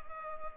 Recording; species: mosquito wingbeat signal from an infrared sensor; Culex pipiens